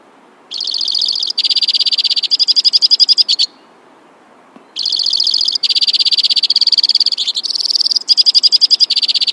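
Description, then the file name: White-winged crossbill song: two long bouts of rapid buzzy trills, each shifting between several pitch levels, separated by a short pause. "suara kicauan burung white-winged crossbill. omkicau"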